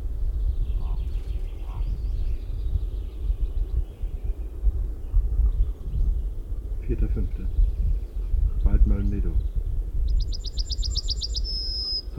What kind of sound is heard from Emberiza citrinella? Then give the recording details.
song. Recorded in the wild. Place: Mölln-Medow, Insel Rügen, Mecklenburg-Vorpommern, DE. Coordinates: 54.375, 13.4136. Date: 1974-05-04. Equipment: Nagra III BH, Sennheiser MD 21, parabola. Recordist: Schubert, Michael